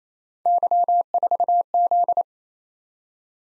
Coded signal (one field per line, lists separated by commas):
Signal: Morse code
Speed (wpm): 29 wpm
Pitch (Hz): 700 Hz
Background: none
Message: Y4Z